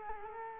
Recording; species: mosquito wingbeat signal from an infrared sensor; Culex quinquefasciatus